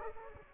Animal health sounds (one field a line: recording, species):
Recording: mosquito wingbeat signal from an infrared sensor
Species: Aedes aegypti